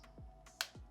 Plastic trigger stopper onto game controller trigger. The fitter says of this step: to put it on pretty much start from the bottom and then press up until you hear a click and